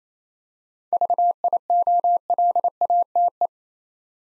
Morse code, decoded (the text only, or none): VIOLATE